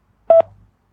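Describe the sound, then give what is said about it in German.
A single short, mid-pitched electronic signal beep of a touch-tone telephone, like a keypad tone, sounds sharply for about a tenth of a second, then fades into a faint low hum with no voices. “Sie müssen nur nach dem Signalton ganz einfach auf Ihrem Tastentelefon die Taste 3 drücken.”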